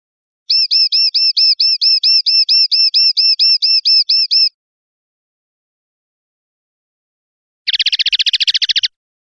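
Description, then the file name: European goldfinch song: a long, regular series of bright, identical upslurred tweets, then after a silence a quick, buzzy rattling trill. "suara burung chardonneret atau goldfinch eropa om kicau"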